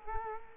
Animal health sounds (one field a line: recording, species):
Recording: mosquito wingbeat signal from an infrared sensor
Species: Culex quinquefasciatus